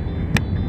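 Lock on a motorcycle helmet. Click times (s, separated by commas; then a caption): 0.4 s. A lock on an LS2 Challenger motorcycle helmet is closed, giving one sharp click at 0.4 s against a steady low rumbling background. The lock clicks shut and is seated.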